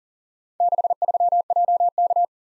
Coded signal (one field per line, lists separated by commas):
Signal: Morse code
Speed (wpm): 47 wpm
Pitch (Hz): 700 Hz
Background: none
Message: 63JK